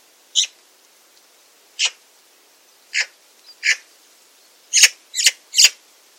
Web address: Bird Only More Classes Pi Pi Pi Pi